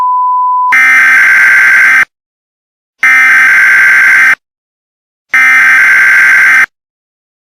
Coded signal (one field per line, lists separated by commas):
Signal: Emergency Alert System (SAME) tones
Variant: header bursts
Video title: EAS Tornado and Thunderstorm PRANK [LOUD NOISE]